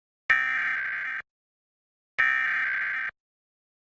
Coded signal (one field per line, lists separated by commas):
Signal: Emergency Alert System (SAME) tones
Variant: header bursts